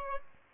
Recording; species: mosquito wingbeat signal from an infrared sensor; Aedes albopictus